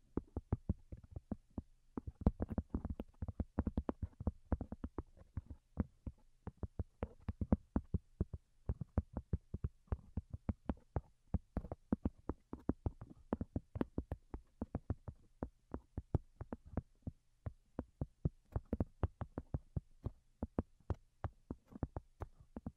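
Soft, delicate tapping runs for the whole clip as a dense stream of short, crisp taps, several each second, in an uneven rhythm with small clusters and brief gaps. The taps are mostly muted and low, and a faint steady hum sits underneath.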